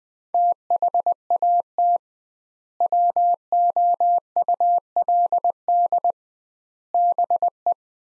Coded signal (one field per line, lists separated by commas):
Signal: Morse code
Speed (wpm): 20 wpm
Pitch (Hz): 700 Hz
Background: none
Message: THAT WOULD BE